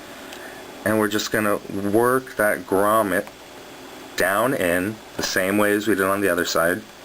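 Someone talks while a vinyl grommet is worked down with the thumbs over the bottom of a Sagewood glass carto tank onto the cartomizer, the same way as on the other side. Nothing has popped into place or seated yet by the end of the clip.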